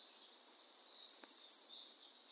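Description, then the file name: Ijima's leaf warbler singing a single high-pitched phrase that builds up and then tapers off, against a faint steady background hiss. Recorded on Miyake-jima on 15 May 2016. "iijima miyake kuroda"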